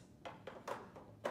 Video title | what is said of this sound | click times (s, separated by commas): Elan Igel Internet PC install | connect the two like so and it is locked into place so | 1.3 s